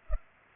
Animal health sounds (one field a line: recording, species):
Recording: mosquito wingbeat signal from an infrared sensor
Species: Culex pipiens